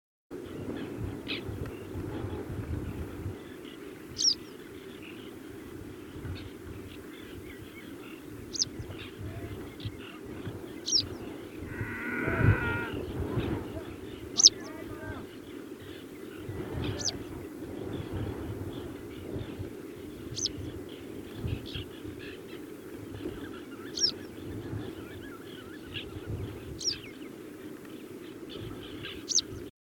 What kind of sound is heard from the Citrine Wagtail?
call